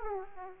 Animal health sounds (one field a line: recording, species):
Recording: mosquito wingbeat signal from an infrared sensor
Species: Aedes aegypti